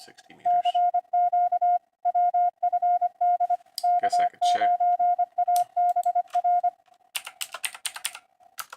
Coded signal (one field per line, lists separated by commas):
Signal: Morse code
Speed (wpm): 25 wpm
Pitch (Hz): 710 Hz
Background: speech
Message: CQ WFD K9ABR